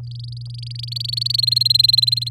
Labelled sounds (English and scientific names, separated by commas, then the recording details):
Domestic Canary (Serinus canaria) song
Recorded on 7 May 2018 at 06:38
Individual llb16